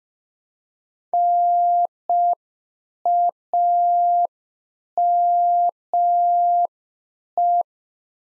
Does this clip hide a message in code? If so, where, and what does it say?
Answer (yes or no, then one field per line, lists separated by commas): yes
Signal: Morse code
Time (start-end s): 1.1-7.6 s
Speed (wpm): 5 wpm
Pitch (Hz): 700 Hz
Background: none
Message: NAME